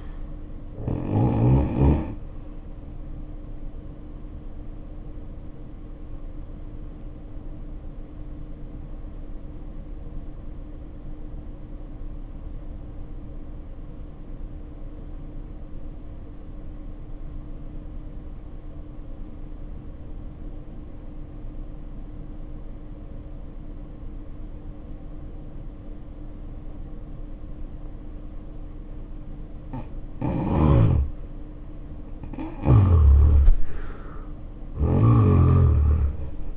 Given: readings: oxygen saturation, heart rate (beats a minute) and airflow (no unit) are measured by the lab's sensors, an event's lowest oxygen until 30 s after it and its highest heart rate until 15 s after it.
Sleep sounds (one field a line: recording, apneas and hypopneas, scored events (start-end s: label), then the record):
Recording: a person awake in a sleep study, by a smartphone at the bedside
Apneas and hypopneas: 1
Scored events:
12.00-30.90 s: obstructive apnea (N1, oxygen 90% highest, then 69% lowest, heart rate 62 at the start, 81 highest)
14.00-36.57 s: new sleep stage, awake
27.00-36.57 s: awake
From the record:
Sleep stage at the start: N1 (lightest sleep)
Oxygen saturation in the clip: 66 to 90%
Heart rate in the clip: 62 to 81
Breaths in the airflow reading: 4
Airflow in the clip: -4.8 to 6.7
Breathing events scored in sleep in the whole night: 520 in 7.2 hours asleep